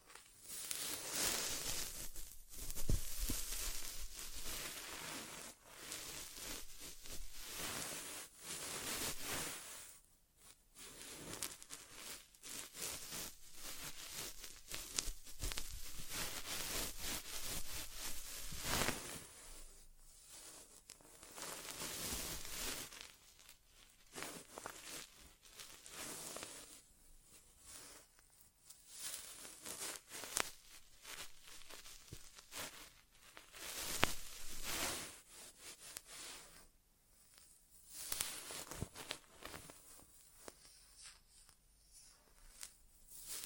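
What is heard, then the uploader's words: An ASMR inner ear exam: dense, bright scratching and rubbing come in bursts with brief quiet gaps near 10, 19, 24 and 37 seconds. ASMR Inner Ear Exam (No Talking).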